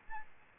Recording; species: mosquito wingbeat signal from an infrared sensor; Aedes albopictus